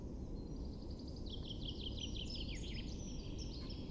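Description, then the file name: European robin, high thin twittering notes sliding up and down in a rapid tangled phrase, over a steady low rumble of background noise. "Erithacus rubecula"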